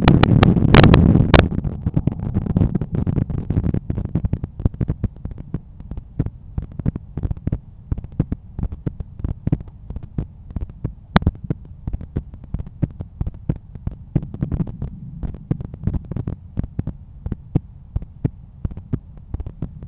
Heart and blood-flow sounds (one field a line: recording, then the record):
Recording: heart sounds by stethoscope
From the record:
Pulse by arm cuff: 93 bpm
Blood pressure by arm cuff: 123/83 mmHg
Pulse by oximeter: 97 bpm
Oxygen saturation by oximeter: 96%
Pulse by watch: 97 bpm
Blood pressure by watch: 126/80 mmHg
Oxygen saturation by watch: 96%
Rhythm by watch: sinus rhythm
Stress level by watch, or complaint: medium stress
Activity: after 5 min smoking and coffee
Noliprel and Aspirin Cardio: no pills today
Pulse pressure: 40 mmHg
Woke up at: 7:30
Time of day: 8:55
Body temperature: 36.7 C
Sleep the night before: 9 h 22 min, score 68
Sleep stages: REM 22%, light 66%, deep 4%, awake 8%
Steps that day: 11800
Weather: sunny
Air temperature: 15.5 C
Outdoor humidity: 94%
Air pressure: 1015 hPa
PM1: 4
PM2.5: 6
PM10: 9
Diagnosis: hypertension, treated with Noliprel and Aspirin Cardio 100 mg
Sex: male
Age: 53 years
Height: 174 cm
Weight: 81 kg